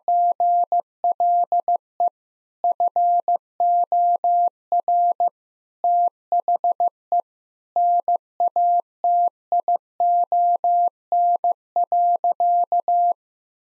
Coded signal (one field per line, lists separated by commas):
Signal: Morse code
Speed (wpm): 16 wpm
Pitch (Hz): 700 Hz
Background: none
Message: GLE FOR THE NATION.